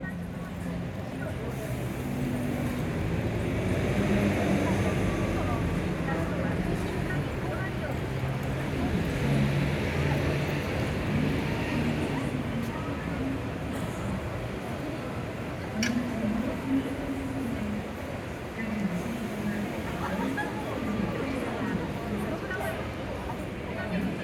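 Tachikawa station with its monorail: a dense, steady crowd murmur of many voices fills the whole stretch, with low vehicle rumble beneath. Level stays fairly even, swelling slightly around five to ten seconds, with a brief sharp click near sixteen seconds.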